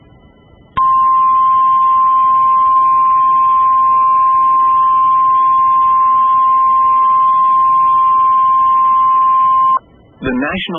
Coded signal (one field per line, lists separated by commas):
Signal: Emergency Alert System (SAME) tones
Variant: 1050 Hz attention tone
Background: speech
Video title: Severe Thunderstorm Warning (Fairfield, Hocking County, OH) (6/10/20) [EAS #51]